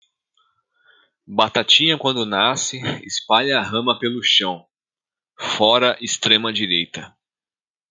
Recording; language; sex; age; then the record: short text; Brazilian Portuguese; male; 30 to 39 years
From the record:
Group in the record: control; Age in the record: 38 years